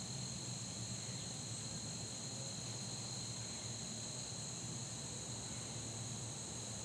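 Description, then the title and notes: Insect: steady high-pitched droning of insects fills the whole stretch, unchanging, over a gentle low hum. Fall day that felt like late summer, in a neighborhood; insects droning like the heat. "Soundcast: Insects and Acorns. Recorded on a fall day that felt more like late summer, down to the insects droning like the heat. As a seasonal touch they were joined on percussion by the falling acorns. Blue Ion"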